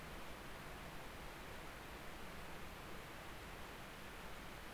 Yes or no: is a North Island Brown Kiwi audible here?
no